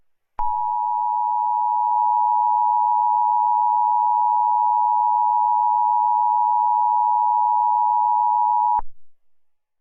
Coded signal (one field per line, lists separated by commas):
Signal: Emergency Alert System (SAME) tones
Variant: 853 and 960 Hz attention tone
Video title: EAS Scenario #49: Mickey Error 5: The Return Of Mickey Error: It All Ends My Friend!